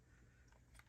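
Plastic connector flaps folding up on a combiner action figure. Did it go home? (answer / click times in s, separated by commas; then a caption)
yes / 0.8 s. Two plastic connector flaps on a Hasbro Studio Series Devastator combiner action figure are flipped up to form the connection point. Faint plastic handling sounds lead to a sharp click at 0.8 s as the flaps snap into place, seated.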